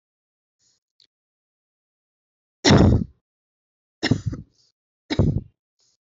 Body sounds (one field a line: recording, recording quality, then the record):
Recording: heavy voluntary cough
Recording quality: excellent, no background noise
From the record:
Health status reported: healthy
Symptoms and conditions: none ticked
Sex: female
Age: 24 years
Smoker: not ticked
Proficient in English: yes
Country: India